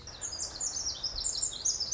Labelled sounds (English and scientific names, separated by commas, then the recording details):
Pacific Wren (Troglodytes pacificus)
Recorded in Sonoma County, California